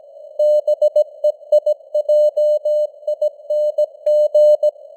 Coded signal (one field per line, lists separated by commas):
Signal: Morse code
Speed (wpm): 17 wpm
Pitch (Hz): 600 Hz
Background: none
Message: BEIJING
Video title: Morse Code News | 2025-10-19 | 17wpm